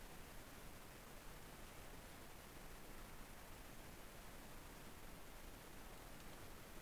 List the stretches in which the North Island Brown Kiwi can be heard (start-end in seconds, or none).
none